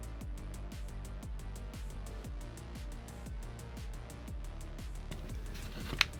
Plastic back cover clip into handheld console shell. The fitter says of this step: satisfying click